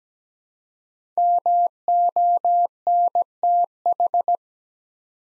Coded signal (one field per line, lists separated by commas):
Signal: Morse code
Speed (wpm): 17 wpm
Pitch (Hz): 700 Hz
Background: none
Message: MONTH